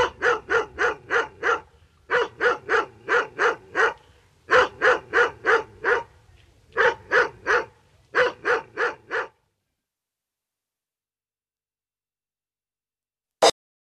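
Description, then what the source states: Dog barking in rapid volleys of several barks separated by short pauses, then silence broken by a single sharp click. Another dog barking.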